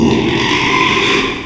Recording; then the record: squeal of a Yucatan mini pig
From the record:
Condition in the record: after surgery on the right vocal fold (resection and tissue-engineered implant); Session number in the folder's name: 1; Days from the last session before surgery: 6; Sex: male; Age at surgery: 12 weeks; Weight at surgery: 13 kg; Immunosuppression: cyclosporine, prednisolone